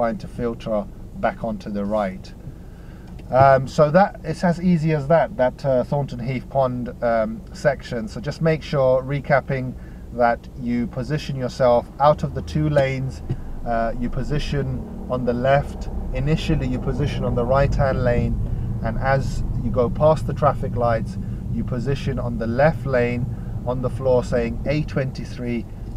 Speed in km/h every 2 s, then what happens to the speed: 0, 0, 0, 0, 0, 0, 0, 10, 15, 13, 11, 6, 5.
0-12 standing. 12-15 pulls away to 15.